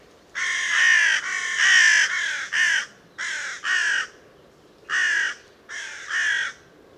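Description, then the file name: Carrion crow uttering rough, raspy caws in short bursts of one to five, about ten calls in all, separated by short pauses. "Corvus corone"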